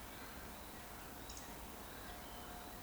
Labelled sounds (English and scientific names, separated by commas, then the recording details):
Eurasian Woodcock (Scolopax rusticola) whistle
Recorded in Baden-Württemberg, Germany, on 15 June 2020 at 19:59 UTC
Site 14569, 102 m above sea level